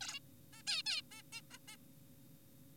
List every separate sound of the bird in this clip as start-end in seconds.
0.01-0.19, 0.53-0.62, 0.67-0.82, 0.86-1.01, 1.12-1.23, 1.33-1.41, 1.51-1.58, 1.68-1.76